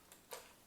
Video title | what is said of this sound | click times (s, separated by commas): How to Install a Detachable Magazine For an SKS | until you hear that pop. | 0.1 s